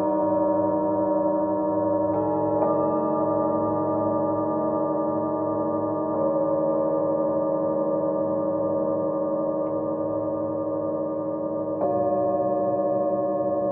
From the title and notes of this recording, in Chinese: 舒缓头脑不适频率432Hz丨颂钵。